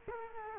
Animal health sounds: mosquito wingbeat signal from an infrared sensor; Culex quinquefasciatus

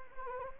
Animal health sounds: mosquito wingbeat signal from an infrared sensor; Anopheles arabiensis

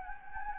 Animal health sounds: mosquito wingbeat signal from an infrared sensor; Anopheles gambiae

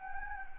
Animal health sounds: mosquito wingbeat signal from an infrared sensor; Anopheles gambiae

